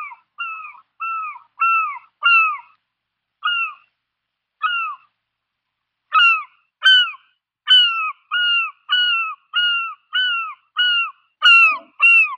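Bird calling in a series of short, nasal, downslurred notes, sometimes in quick pairs, repeated with uneven gaps of under a second to over a second for twelve seconds.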